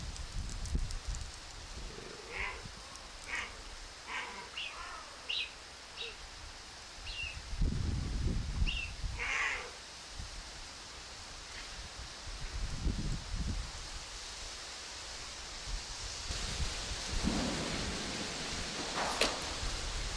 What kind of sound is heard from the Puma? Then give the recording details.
call. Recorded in captivity. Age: diverse. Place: Wildlife Park Shubenacadie, Nova Scotia, CA. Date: 1991-10-10 13:26. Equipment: Sony WM-D6C, Sony ECM-939 LT (Stereo), Kopie Uher 4400 IC. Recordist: Frommolt, Karl-Heinz